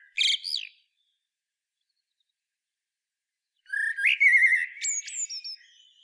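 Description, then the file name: Common blackbird giving a brief squeaky twitter, then after a few silent seconds a longer run of high, thin, rapidly varied notes and whistles. "Turdus merula"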